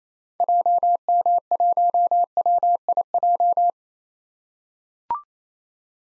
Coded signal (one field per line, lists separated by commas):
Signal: Morse code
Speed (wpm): 28 wpm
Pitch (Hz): 700 Hz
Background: none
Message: JM1WIJ